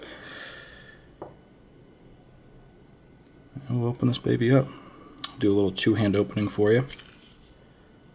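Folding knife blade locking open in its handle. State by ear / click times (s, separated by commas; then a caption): not seated / none. An Extrema Ratio RAO Desert Warfare large aluminum-handled folding knife is handled as it is about to be opened with two hands, its blade to swing out until the spring-loaded lock engages. Someone talks over faint handling noise, with a short tap near 1.2 s. The blade has not yet locked open, and nothing has seated or clicked yet.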